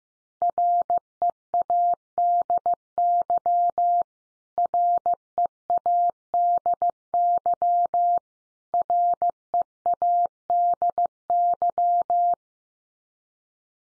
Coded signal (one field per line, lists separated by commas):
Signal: Morse code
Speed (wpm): 15 wpm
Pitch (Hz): 700 Hz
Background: none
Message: READY READY READY